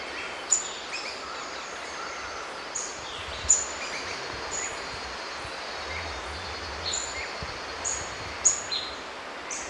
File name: White browed foliage gleaner